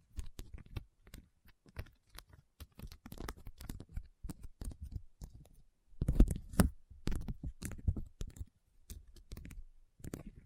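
Rhinestones being tapped and scratched, producing a quick, uneven run of sharp clicks and ticks with short gaps between bursts. The taps cluster densely, growing louder and scraping around the six to eight second mark before settling back into lighter, sparser tapping.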